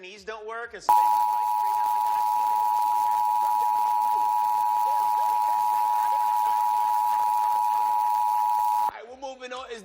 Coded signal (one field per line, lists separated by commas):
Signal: Emergency Alert System (SAME) tones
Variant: 853 and 960 Hz attention tone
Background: speech